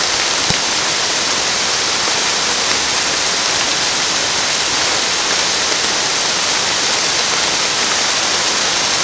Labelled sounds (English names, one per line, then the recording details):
none
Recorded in pastures near Puerto Asís, Putumayo, Colombia, on 30 June 2025 at 15:30
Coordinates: 0.496, -76.326
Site GP01